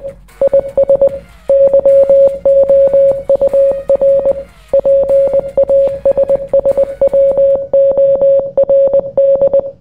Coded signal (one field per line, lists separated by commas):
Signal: Morse code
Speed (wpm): 20 wpm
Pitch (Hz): 550 Hz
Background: none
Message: IS YOUR PASSWORD